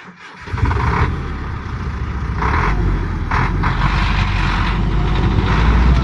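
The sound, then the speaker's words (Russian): A truck's starter motor whines briefly inside a cowshed before the heavy engine catches and settles into a loud, steady low rumble, with occasional higher whirring surges over the continuous idle, as the truck pulls out and jolts over bumps. “Завизжал стартер, заработал двигатель. Грузовик выехал из коровника и затрясся на ухабах.”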